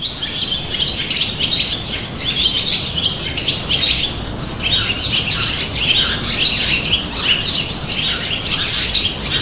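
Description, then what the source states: Swallows twittering together in a dense, steady chorus of high chattering notes. 20 or 30 swallows roosting and singing together in a castle gatehouse very early in the morning, the sound echoing inside the gatehouse.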